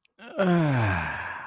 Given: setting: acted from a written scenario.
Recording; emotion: vocal sound without words; serenity